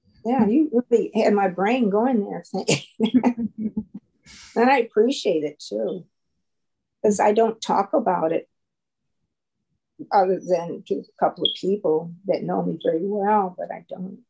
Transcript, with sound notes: You really had my brain going there. [LAUGHTER] I appreciate it too because I don't talk about it other than to a couple of people that know me very well, but I don't.